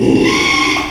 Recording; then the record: squeal of a Yucatan mini pig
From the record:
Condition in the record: after surgery on the right vocal fold (resection and tissue-engineered implant); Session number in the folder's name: 1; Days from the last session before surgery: 6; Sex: male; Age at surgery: 12 weeks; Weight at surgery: 13 kg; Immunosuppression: cyclosporine, prednisolone